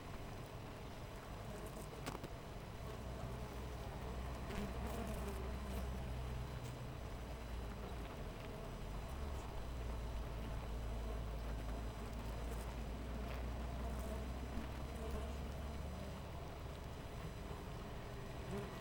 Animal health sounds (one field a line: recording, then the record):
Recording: honeybee colony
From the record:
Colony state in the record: missing queen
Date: 14 July 2017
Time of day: 6:54